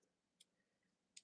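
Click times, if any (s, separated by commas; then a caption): none. An interlocking plastic yard floor tile is pressed onto its neighbouring tile. Two brief, sharp ticks are heard at about 0.4 s and 1.2 s over a quiet background. The tile fails to lock into place, and nothing has seated or clicked yet.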